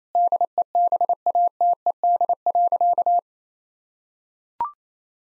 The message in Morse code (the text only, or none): DEBATED.